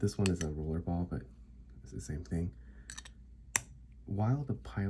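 A rollerball pen's snap cap is pressed onto the barrel and clicks shut at 3.6 s, a closure of the same kind praised for its sound. A few faint ticks come just before it, and someone talks throughout.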